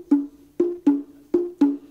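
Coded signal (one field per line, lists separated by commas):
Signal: talking drum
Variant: two-tone slit drum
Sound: five hollow wooden knocks on a low-pitched log drum, unevenly spaced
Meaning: Call sign meaning attention, pay attention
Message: Ito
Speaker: first of all we start off with a call sign Ito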